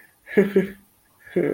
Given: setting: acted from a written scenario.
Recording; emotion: vocal sound without words; embarrassment